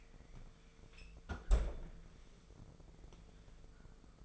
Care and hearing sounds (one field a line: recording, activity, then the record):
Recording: daily activity, microphone in the room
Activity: close fridge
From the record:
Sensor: 5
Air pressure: 1015.0 hPa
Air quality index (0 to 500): 182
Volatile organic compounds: 7 ppm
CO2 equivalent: 1999 ppm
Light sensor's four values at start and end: 93/215/94/105 and 90/204/91/102